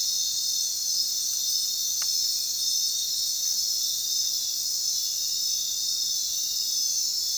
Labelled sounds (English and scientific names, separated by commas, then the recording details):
none
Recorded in dense forest near Puerto Asís, Putumayo, Colombia, on 18 February 2024 at 01:00
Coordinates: 0.466, -76.327
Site G6413